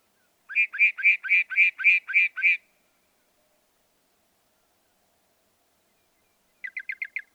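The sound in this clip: Northern mockingbird song: a series of loud identical notes in steady succession, a long silence, then a faster, softer burst of five notes.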